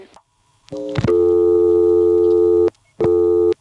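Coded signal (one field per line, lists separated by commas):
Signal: telephone call progress tone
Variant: North America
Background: speech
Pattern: dial tone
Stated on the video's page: Telephone tones from an NX1 crossbar exchange.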